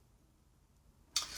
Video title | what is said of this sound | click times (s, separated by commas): DINTEK F Type Cat 6a SFTP | and push it down over the connector body and it clicks into place | 1.2 s